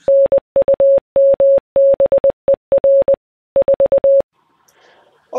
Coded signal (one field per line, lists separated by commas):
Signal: Morse code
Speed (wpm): 20 wpm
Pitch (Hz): 550 Hz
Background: none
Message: NUMBER 4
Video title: My Top 5 Shortwave Radio/Communications Receivers